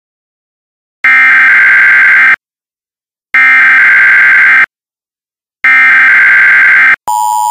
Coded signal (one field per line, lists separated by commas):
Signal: Emergency Alert System (SAME) tones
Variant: header bursts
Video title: EAS Required Monthly Test Mock-Up(with my voice)